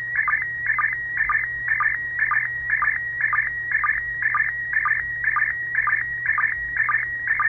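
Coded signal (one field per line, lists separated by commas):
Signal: SSTV (slow-scan television)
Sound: steady high whistle broken by rhythmic warbling chirps, about two per second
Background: low hum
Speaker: this one's gonna be beautiful [Music] the scanner cool you know your decoding a single and it comes from space so I'm gonna stop talking because if you guys want to decode it you'll be able to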